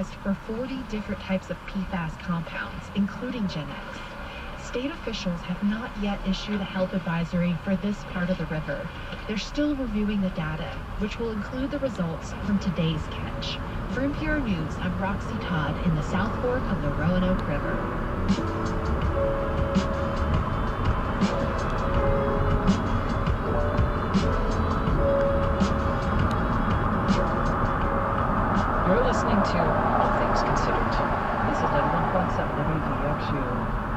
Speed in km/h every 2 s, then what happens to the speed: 0, 0, 0, 0, 0, 0, 13, 21, 27, 32, 34, 34, 34, 35, 34, 34, 31.
0-10 standing. 10-19 pulls away to 34. 19-27 steady at about 34.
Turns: none.